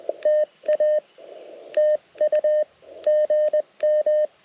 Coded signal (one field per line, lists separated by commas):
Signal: Morse code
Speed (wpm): 21 wpm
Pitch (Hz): 1800 Hz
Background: none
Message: TA TU GM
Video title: Mountain Topper POTA Activation - 6/8/23 @ K-3684